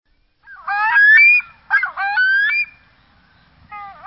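Pacific loon calling with two rough, harmonic notes in quick succession, then a short dipping call after a pause.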